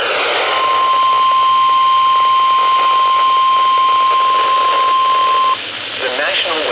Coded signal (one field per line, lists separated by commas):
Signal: Emergency Alert System (SAME) tones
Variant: 1050 Hz attention tone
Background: speech